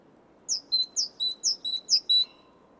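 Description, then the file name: Great tit song: a run of four high-low whistled phrases, then a faint steady hum after the last note. "Parus major"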